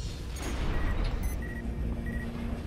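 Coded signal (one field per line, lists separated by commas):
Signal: none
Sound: game lock-on beeps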